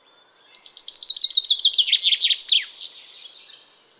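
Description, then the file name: Common chaffinch singing one full phrase, a rapid series of sweet notes dropping in pitch and closing with a sharp terminal flourish, then quiet. "Fringilla coelebs"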